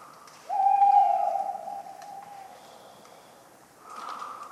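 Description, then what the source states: Tawny owl produces a sustained flat hoot lasting about two seconds, then a softer breathy sound near the end. Talkative bird on a cold autumn night, 11 November 1995, at the Ménigoute ornithological film festival, France; acorns falling regularly; the recordist fell asleep, mixing in his sleeping sounds.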